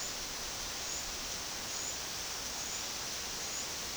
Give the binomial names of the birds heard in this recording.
none